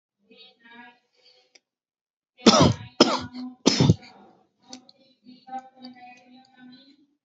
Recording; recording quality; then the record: shallow voluntary cough; moderate, slight background noise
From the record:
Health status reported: respiratory illness, not identified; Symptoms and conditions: asthma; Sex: male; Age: 48 years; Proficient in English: yes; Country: India